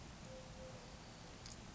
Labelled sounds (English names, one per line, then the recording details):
Eurasian Collared Dove
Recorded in Sonoma County, California